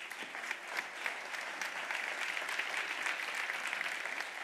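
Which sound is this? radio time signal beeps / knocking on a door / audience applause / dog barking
audience applause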